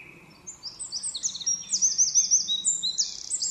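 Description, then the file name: Eurasian wren song: quick, very high twittering notes and short trills tumbling together in a loud, hurried phrase. "Troglodytes troglodytes"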